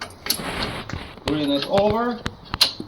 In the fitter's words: and it locks on the specific hole.